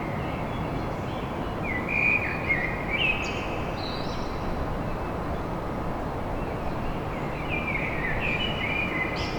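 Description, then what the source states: Common blackbird song, several short warbled phrases with squeaky high endings, partly masked by loud constant low rumbling noise throughout. Blackbird song at dawn in Paris.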